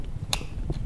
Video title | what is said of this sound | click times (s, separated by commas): Tutorial Terapi Inhalasi | bunyi klik ini yang berbentuk seperti bibir | 0.3 s